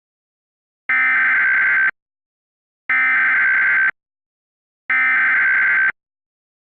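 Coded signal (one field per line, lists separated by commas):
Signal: Emergency Alert System (SAME) tones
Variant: header bursts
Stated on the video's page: Fake two-part tornado watch alert using valid SAME tones.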